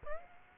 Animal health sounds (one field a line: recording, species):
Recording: mosquito wingbeat signal from an infrared sensor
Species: Aedes aegypti